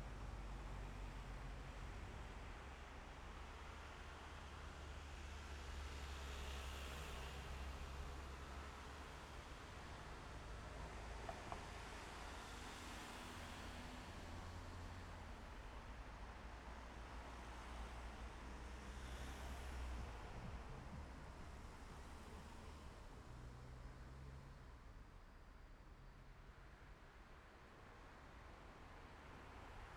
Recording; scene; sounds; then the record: everyday scene through a hearing-aid microphone; in traffic; traffic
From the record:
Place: main road on the outskirts, rush hour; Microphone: behind the ear, left, rear